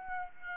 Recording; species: mosquito wingbeat signal from an infrared sensor; Aedes aegypti